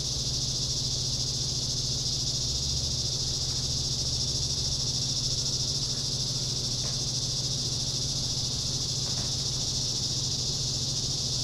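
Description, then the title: Cicada chorus forming an unbroken high hiss-like drone, with a faint low hum beneath and a few soft clicks. Summer cicadas. "neoscenes: summer cicadas"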